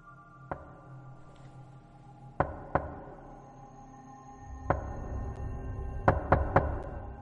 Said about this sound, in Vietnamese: Ở bên ngoài kia, tiếng gõ cửa lại tiếp tục vang lên ba nhịp một.